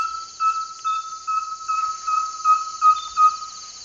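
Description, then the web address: Rusty-belted tapaculo calling with a fast run of short, level whistled notes against a constant high-pitched insect drone. Recorded in the eastern lowlands of South America. "Natures Songs S America Eastern Lowlands. Rusty-belted Tapaculo"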